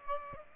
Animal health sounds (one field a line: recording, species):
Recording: mosquito wingbeat signal from an infrared sensor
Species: Aedes aegypti